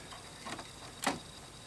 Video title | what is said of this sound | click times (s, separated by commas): LEGO 2022 Galaxy Explorer Space System 10497 Exploration & Review | they snap right into these | 1.0 s